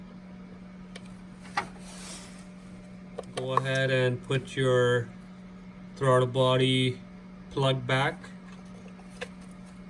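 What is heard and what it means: During a PCV valve replacement on a 2010–2015 Toyota Prius Hybrid, the wiring harness plug is being handled to go back onto the throttle body connector while someone talks over a steady low hum, with a few faint brief taps. The plug has not seated or clicked yet.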